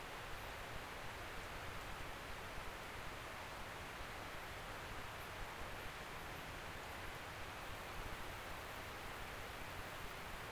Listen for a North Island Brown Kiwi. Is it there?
no